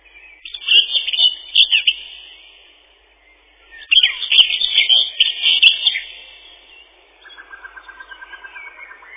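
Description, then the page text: Common whitethroat giving two scratchy, chattering song bursts. A lower, even rattling series of notes follows near the end. "Серая славка, или славка-говорунчик — Sylvia communis"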